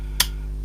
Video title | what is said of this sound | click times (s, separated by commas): Pikas Workshop - Giodi Lancia Gamma Berlina | snapped back in and eventually the glue will dry but the friction | 0.2 s